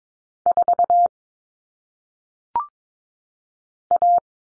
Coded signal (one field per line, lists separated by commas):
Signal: Morse code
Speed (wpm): 22 wpm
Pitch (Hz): 700 Hz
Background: none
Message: 4 A